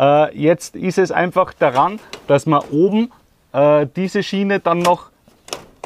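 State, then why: Seated. Someone talks while the top rail of a Kiravans ventilation grille is pressed into the sliding window frame of a VW T5 van, with the bottom and side rails already latched. Sharp clicks at 5.5 s and 5.8 s mark the top rail snapping into place before the screws are tightened.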